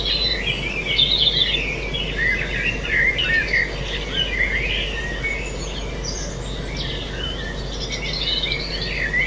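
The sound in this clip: Bird chorus, lively chirps and twittering phrases, densest in the first half, with continuous background noise.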